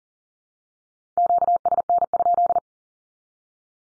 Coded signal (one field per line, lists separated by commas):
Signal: Morse code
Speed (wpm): 37 wpm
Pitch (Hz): 700 Hz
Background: none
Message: QSN?